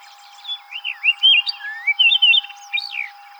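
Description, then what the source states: Orchard oriole delivering a brisk song phrase of swooping whistled notes and short chatters. Recorded on 7 July 2007.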